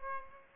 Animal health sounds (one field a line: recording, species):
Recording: mosquito wingbeat signal from an infrared sensor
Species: Aedes aegypti